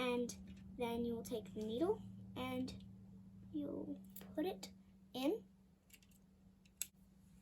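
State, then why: Seated. Someone talks while inserting the thin end of a plastic lancet into a blood glucose lancing device. At 6.8 s a sharp, loud click is heard as the lancet seats in the device.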